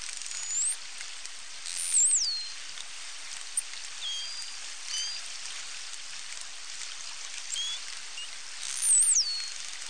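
False killer whale whistles: two clear high, looping falling whistles near the start and end, with fainter short tones between, over a constant hiss.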